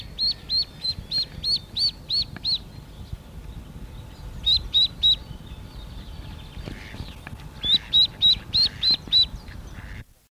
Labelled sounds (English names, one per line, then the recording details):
Mallard call
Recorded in the wild
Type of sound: call
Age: immature
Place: Hannover, Hermann-Löns-Park, Niedersachsen, DE
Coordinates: 52.3677, 9.8154
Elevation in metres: 70
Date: 1972-04-29
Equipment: Halbspur, 9,5 cm/s
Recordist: Lütgens, Hans
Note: 8-tägiges Junges